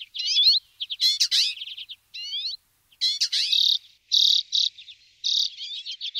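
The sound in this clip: A bird gives a busy mix of high chirps, looping whistled notes and buzzy bursts, with short pauses between phrases.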